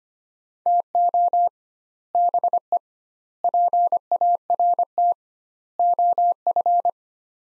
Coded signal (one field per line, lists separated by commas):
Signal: Morse code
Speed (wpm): 25 wpm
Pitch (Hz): 700 Hz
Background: none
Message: TO BE PART OF